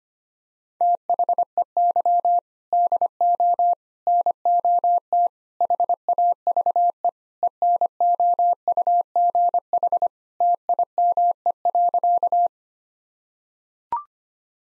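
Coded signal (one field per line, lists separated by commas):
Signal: Morse code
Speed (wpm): 25 wpm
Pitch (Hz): 700 Hz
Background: none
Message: THEY DO NOT HAVE ENOUGH TIME.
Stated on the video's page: Morse code practice at 25 wpm: sentences built from common four-word phrases, each sent in Morse, then spoken, then sent again.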